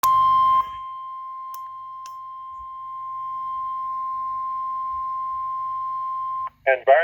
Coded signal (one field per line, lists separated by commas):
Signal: Emergency Alert System (SAME) tones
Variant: 1050 Hz attention tone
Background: speech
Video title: (EAS #97) Heat Warning 7/18/2020